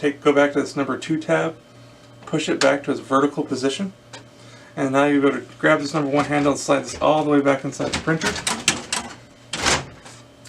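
Someone talks while the drum drawer of a Brother MFC L8600 laser printer, with its number 2 tab pushed back to vertical, is slid by its number 1 handle all the way back into the printer body after a new belt unit is installed. A sliding rattle ends in a sharp click at 8.7 s as the drawer seats home, followed by two more brief knocks at 8.9 s and 9.5 s.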